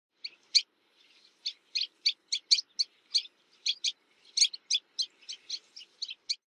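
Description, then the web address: Sanderling calls, short sharp high notes given in an irregular quick series, sometimes doubled, over a quiet background. "miyubisigi"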